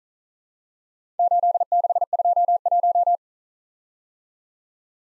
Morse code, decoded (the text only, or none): 8621